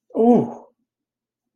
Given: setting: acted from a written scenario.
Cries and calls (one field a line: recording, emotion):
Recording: vocal sound without words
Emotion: negative surprise